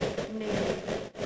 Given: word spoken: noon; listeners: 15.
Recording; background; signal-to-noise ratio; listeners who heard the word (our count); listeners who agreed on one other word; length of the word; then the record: one English word in noise, from a listening test; noise modulated by three-talker babble; -6.6 dB; 2 of 15; 11 of 15; 0.86 s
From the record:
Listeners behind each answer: 11, 2, 1, 1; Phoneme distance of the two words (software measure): 14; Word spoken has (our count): 1 syllable, 3 phonemes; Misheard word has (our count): 1 syllable, 3 phonemes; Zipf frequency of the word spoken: 3.56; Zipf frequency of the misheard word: 5.98